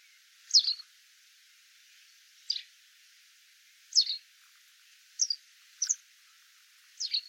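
Bird calls: short, high, sharp notes, some doubled, given irregularly about every one to two seconds over a faint steady hiss.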